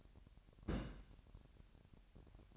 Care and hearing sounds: daily activity, microphone in the room; place on stove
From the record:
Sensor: 2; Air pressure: 1011.9 hPa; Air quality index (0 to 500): 201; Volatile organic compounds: 3 ppm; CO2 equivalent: 1424 ppm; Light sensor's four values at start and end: 62/147/61/58 and 61/147/61/58

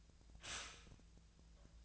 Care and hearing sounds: daily activity, microphone in the room; stop toaster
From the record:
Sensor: 2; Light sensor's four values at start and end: 23/57/24/26 and 23/57/24/26

